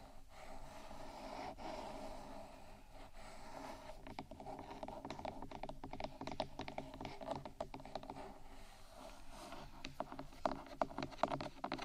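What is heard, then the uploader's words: Scratching and tapping on a rhinestone-embellished microphone, a steady rough rustle under quick clicks. The clicks are sparse at first, then grow denser and sharper after about four seconds, rattling irregularly like fast typing through to the end. ASMR Rhinestone Embellished 3dio Mic Scratchingtapping（No Talking）.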